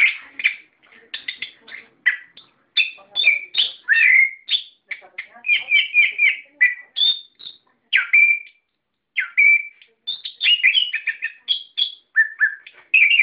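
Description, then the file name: Songbird singing a long, varied medley of chirps, rising and falling whistles and quick trills, with short gaps between phrases. Masteran, song-training audio used for cage birds. "masteran omkicau"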